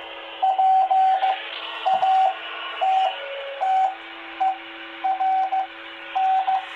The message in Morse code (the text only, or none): PATTERN